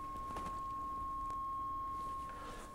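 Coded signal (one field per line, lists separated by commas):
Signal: 300-baud modem data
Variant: Bell 103 originate carrier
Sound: a single steady pure tone around 1070 Hz with faint clicks and hum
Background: faint room noise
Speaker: that tone indicates this is a pure modem right this is way before modems negotiated did handshakes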